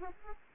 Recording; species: mosquito wingbeat signal from an infrared sensor; Aedes aegypti